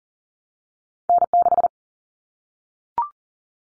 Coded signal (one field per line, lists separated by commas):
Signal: Morse code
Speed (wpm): 40 wpm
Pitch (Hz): 700 Hz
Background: none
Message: N6